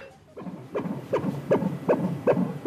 The sound of the heartbeat of a baby yet to be born comes from a sonography machine a 32-year-old woman, is undergoing a scan. She's a surrogate too.